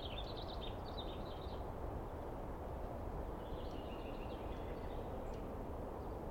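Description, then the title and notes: Douglas squirrel with two quick runs of dry, rattling chatter, separated by a short pause, against a continuous low background noise. Squirrel screaming at length at dawn on 21 April 2017 in the East Cascades, recorded on microphones and recorder; identified by sound, not seen well. "On the morning of 21 April, 2017, I set up my microphones and recorder for a nice dawn recording in the East Cascades. I was started awake by a screaming Douglas Pine Squirrel."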